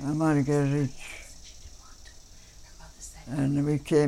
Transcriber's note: voices are heard off mike